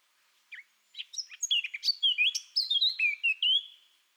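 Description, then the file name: Eurasian blackcap song opening with a couple of soft chips, then swelling into a rich, fluting warble of clear whistled notes. "Sylvia atricapilla"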